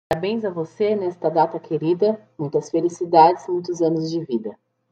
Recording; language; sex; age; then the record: short text; Brazilian Portuguese; female; 20 to 29 years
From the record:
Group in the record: control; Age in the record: 29 years